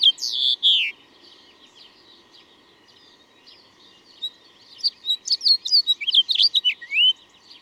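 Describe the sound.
Bird song: a burst of high twittering notes, a pause of several seconds, then a rapid run of sharp chirps and slurred whistles with a faint steady hum beneath.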